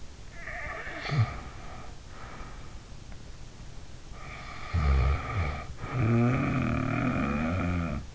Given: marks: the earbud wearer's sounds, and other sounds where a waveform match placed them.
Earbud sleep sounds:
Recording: sounds in sleep by an in-ear microphone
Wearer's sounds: snoring breath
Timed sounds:
0.33-2.94 s: snoring breath
4.24-8.15 s: snoring breath

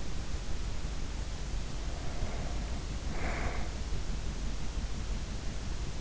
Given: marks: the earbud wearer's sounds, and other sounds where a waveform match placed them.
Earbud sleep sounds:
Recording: sounds in sleep by an in-ear microphone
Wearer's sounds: breath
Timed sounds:
1.62-4.02 s: breath

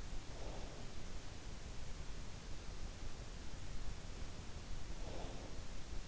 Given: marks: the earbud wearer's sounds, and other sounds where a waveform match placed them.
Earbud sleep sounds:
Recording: sounds in sleep by an in-ear microphone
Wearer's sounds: breath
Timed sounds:
0.09-1.25 s: breath
4.78-5.85 s: breath

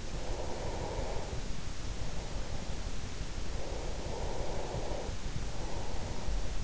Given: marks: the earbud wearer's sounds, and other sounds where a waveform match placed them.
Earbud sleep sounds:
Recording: sounds in sleep by an in-ear microphone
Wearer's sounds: breath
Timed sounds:
0.29-3.13 s: breath
3.66-6.64 s: breath

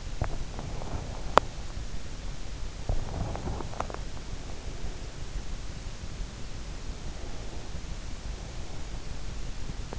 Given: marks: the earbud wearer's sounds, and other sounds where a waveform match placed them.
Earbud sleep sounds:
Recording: sounds in sleep by an in-ear microphone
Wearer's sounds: breath, teeth grinding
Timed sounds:
0.00-1.43 s: breath
1.30-1.56 s: teeth grinding
2.73-5.13 s: breath
6.92-9.16 s: breath

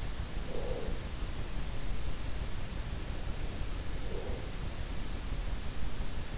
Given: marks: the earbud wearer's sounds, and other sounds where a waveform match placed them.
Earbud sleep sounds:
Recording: sounds in sleep by an in-ear microphone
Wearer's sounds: breath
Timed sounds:
0.01-1.41 s: breath
3.81-4.93 s: breath

